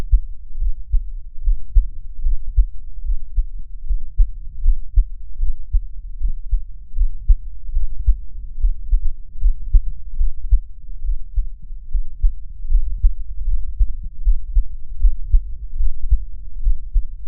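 Deep, muffled thumps of a human heartbeat repeat at about 77 beats a minute, each beat a soft paired lub-dub with nothing above the low range, picked up through a contact microphone.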